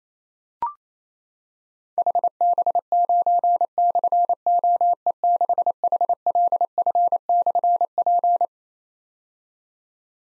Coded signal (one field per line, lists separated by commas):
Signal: Morse code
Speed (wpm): 27 wpm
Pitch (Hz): 700 Hz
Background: none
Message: HB9/OE6HLF/P